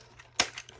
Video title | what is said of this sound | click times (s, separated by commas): Unboxing ORORTU (OR OR TU) Remote Control Excavator Construction Vehicles | push it in lock it in and there you go | 0.4 s